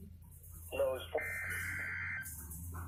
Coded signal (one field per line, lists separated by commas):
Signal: Emergency Alert System (SAME) tones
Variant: header bursts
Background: speech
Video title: NOAA WEATHER RADIO: Required Weekly Test 4/29/2020 (EAS #61)